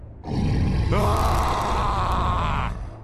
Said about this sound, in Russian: Чудовищный скрип разлетелся по комнате, заставляя кровь застыть в жилах тех, кто еще не успел покинуть помещение. Нечеловеческий рык смешался с предсмертным воплем.